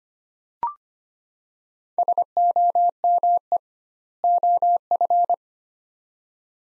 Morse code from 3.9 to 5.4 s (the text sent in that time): OF